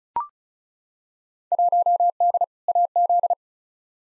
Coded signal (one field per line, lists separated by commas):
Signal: Morse code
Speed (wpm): 36 wpm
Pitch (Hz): 700 Hz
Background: none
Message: 1D AZ